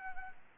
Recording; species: mosquito wingbeat signal from an infrared sensor; Anopheles arabiensis